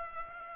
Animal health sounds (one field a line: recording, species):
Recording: mosquito wingbeat signal from an infrared sensor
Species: Aedes aegypti